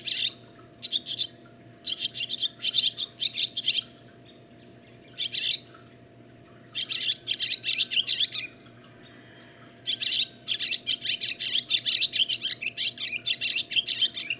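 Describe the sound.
Barn swallow chattering in long, dense runs of scratchy high notes, broken by brief silences, with a faint constant hum below.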